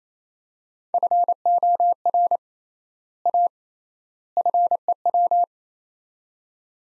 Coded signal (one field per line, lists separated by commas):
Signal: Morse code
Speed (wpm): 28 wpm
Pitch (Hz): 700 Hz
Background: none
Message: FOR A FEW